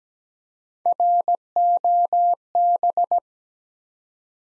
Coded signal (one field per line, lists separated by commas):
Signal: Morse code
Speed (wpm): 17 wpm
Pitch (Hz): 700 Hz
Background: none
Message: ROB